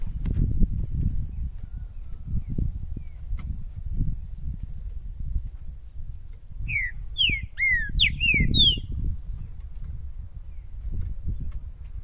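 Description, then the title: Green-winged saltator giving one phrase of several bright slurred whistles midway through, over persistent low rumbling background noise. Two trinca-ferro birds taken to the woods in 2022; calling, singing and macheando (male display song); used to warm up a bird and open its song for singing competition. "ESQUENTAR Seu TRINCA Piando, Cantando E Macheando Na DISPUTA. LEVEI 2 TRINCA FERRO NO MATO!! ABRIR O CANTO DO TRINCA FERRO!! 2022!"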